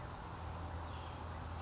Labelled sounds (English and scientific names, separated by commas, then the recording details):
California Towhee (Melozone crissalis)
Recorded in Sonoma County, California